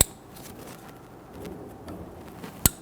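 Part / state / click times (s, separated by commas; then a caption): injector harness connectors onto fuel injectors / seated / 0.0 s, 2.7 s. On a 2011-2015 Kia Sorento, fuel injector harness connectors are lined up and pushed down onto the fuel injectors. Two sharp clicks sound at 0.0 s and 2.7 s over quiet handling noise. The connectors click in and engage, seated.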